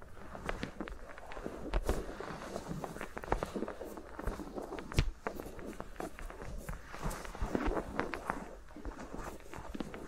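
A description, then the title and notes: Fingers rub and tap around the microphones, making a dense, irregular stream of soft scuffs and sharp clicks, with a louder tap near five seconds. ASMR with Mics Around My Fingers (No Talking).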